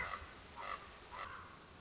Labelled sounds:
Common Raven (Corvus corax)

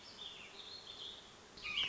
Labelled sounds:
Warbling Vireo (Vireo gilvus)

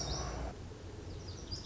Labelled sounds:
Lazuli Bunting (Passerina amoena)

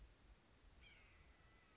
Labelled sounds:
White-breasted Nuthatch (Sitta carolinensis)

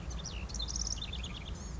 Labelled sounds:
House Wren (Troglodytes aedon)

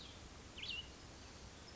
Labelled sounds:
Cassin's Vireo (Vireo cassinii)

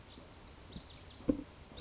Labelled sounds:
Lazuli Bunting (Passerina amoena)

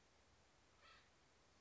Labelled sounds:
Acorn Woodpecker (Melanerpes formicivorus)

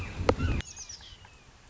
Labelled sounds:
Red-shouldered Hawk (Buteo lineatus)

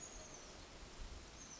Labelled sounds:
Chestnut-backed Chickadee (Poecile rufescens)

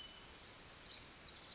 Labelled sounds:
Bewick's Wren (Thryomanes bewickii)

